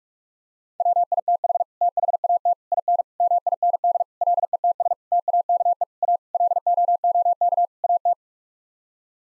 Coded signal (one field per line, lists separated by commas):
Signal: Morse code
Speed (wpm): 46 wpm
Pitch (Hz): 700 Hz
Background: none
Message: WITH THAT IN MIND LETS TAKE A LOOK AT